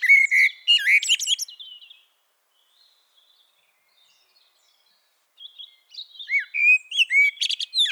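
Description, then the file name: Eurasian blackbird song: low fluted warbles ending in high squeaky twitters, a quiet pause, then another mellow whistled phrase with a thin chittering finish. "Turdus merula"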